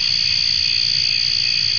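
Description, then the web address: Cricket giving a continuous, unbroken high-pitched trill that holds steady without pauses, with a faint low rumble underneath. "gherda-wolit versi grilli"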